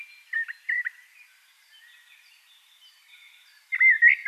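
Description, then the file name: Eurasian blackbird with short fluty notes at the start, a quiet stretch, then a louder warbled phrase at the end. "Turdus merula"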